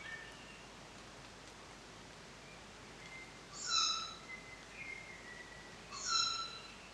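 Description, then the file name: Tawny owl calling with two short, shrill, nasal notes in the second half, separated by a couple of seconds, with softer faint tones in between. "Tawny-Owl-2 D 00-Strix-aluco"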